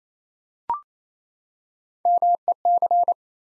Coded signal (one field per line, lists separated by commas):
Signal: Morse code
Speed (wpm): 27 wpm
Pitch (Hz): 700 Hz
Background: none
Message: MEC